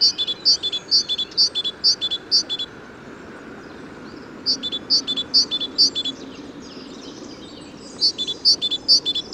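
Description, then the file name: Great tit calling in three quick runs of high, clipped double notes, separated by pauses over steady background hiss. "Parus major"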